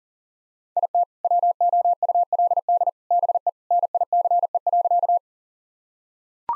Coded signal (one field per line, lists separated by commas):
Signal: Morse code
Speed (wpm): 40 wpm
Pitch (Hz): 700 Hz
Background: none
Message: IT WOULD BE NICE.